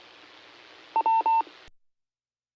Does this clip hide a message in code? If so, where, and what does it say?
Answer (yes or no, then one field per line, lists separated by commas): no